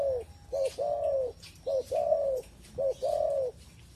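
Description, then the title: Pigeon cooing: a short clipped note followed by a longer arched coo, the pair repeated three times about once a second, with faint clicks and chirps above. "Canto Da Pomba"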